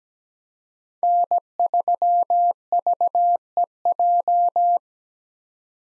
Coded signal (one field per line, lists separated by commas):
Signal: Morse code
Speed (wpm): 17 wpm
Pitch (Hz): 700 Hz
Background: none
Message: N3VEJ